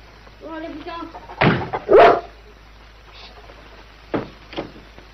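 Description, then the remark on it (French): A dog lets out a high whine, then two loud, sharp barks in quick succession, followed by two softer barks a couple of seconds later, with faint background noise throughout. “Dis donc, tu pourrais pas mettre ton chien dehors?”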